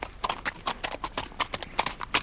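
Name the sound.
horse hooves clip-clopping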